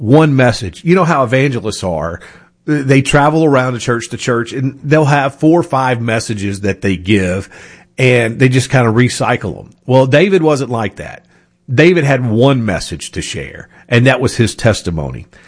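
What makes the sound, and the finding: Adult male radio host. Normal speech.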